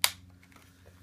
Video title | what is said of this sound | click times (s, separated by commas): Canon 60 D | with the red part facing out push it in till it snaps | 0.0 s